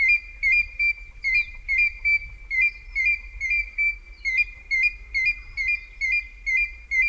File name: African Grey Hornbill (Tockus nasutus)